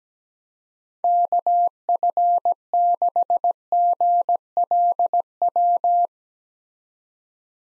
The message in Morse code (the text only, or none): KF6GLW